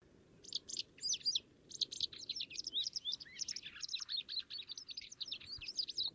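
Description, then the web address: White wagtail calls: rapid high twittering chirps and short sliding notes in a busy run, with brief pauses between bursts over a low rumbling background. "cianscape birddata Deverinetal 2025"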